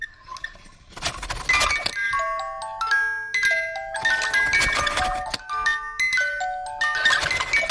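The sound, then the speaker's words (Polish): A music box built into a toilet paper holder, set off by pulling the toilet paper, tinkles out a slow melody of bright, high plucked notes, with bursts of rustling and mechanical rattle recurring throughout. No one speaks. “Uchwyt do papieru toaletowego będący jednocześnie pozytywką.”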